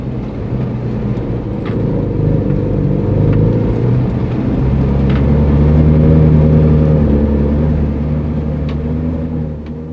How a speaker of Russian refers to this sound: Машина спустилась с генической горки, поехала вдоль насыпи узкоколейки и затормозила.